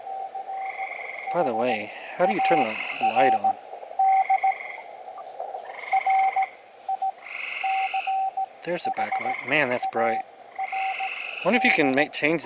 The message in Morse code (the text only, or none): CHARD RICHARD